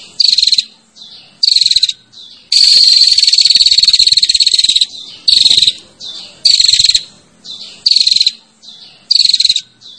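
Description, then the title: Prinia giving harsh buzzy trills. Short bursts of about half a second repeat roughly every 1.3 seconds, with one long sustained buzz near the middle and fainter bursts between. Female calling to the male with a 'ngecirrr' call. "Suara Prenjak Betina Ngecirrr Memanggil Prenjak Jantan"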